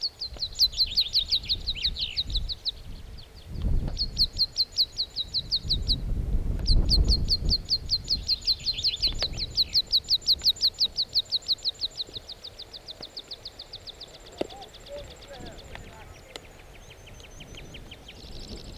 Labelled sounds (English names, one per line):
Meadow Pipit